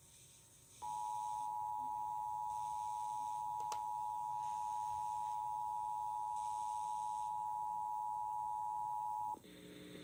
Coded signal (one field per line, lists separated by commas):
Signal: Emergency Alert System (SAME) tones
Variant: 853 and 960 Hz attention tone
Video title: KHAK 2017 National Periodic Test (EAS #359)